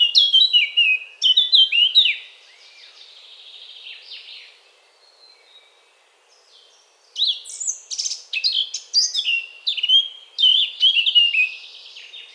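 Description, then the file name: Eurasian blackcap warbling in two separate phrases, each a fast mix of scratchy and clear whistled notes, with a quiet stretch of several seconds between them. "Sylvia atricapilla"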